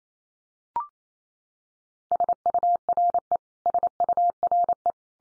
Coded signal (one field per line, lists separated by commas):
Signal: Morse code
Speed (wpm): 28 wpm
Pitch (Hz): 700 Hz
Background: none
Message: SURE SURE